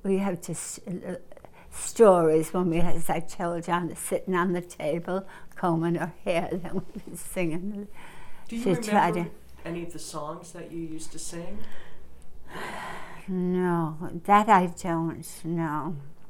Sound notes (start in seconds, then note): 6.4 she laughs; 12.5 she sighs